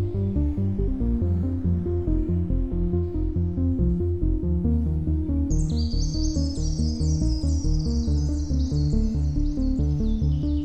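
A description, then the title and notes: A skylark's high, rapid warbling song enters about halfway through and runs continuously to the end, thin and bright above everything else. Underneath, a loud, dense low droning with a steady, pulsing pattern fills the whole clip without letting up. Skylark in daybreak.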